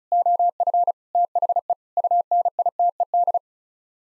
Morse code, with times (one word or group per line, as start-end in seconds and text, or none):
0.1-0.9 OF
1.1-1.7 THE
2.0-3.4 UNITED